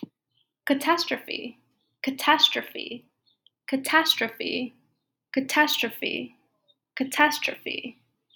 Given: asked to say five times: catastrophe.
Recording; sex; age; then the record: repeated word; female; 20 to 29 years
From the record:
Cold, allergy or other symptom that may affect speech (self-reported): no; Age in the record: 25 years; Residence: California, United States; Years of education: 18